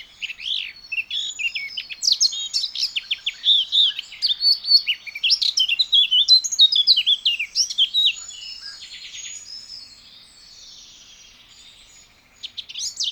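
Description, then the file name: Eurasian blackcap song: a fast, rich warble of varied high chirps and trills runs continuously for about eight seconds, then drops to quieter notes before a brief final burst. "Sylvia atricapilla"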